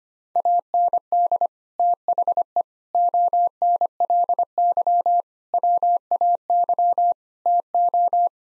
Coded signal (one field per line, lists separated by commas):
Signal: Morse code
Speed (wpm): 25 wpm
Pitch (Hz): 700 Hz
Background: none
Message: AND THE ONLY WAY TO